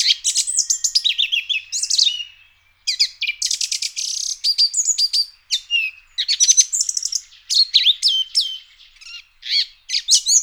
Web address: birdify. turdus philomelos